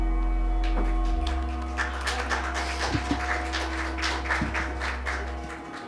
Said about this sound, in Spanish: Entonces, simplemente voy a dar paso a la conversación que nos convoca sobre el libro de Ioni de manos de Dobra Robot Editora. Aplausos.